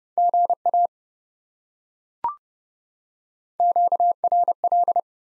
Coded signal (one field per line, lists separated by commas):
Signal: Morse code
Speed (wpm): 30 wpm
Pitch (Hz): 700 Hz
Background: none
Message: GA QRL